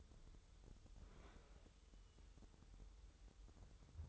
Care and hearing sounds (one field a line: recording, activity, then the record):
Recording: daily activity, microphone in the room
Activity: open fridge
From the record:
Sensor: 3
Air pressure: 988.4 hPa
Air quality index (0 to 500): 194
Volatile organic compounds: 302 ppm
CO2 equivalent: 4487 ppm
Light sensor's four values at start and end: 25/78/32/27 and 25/77/32/27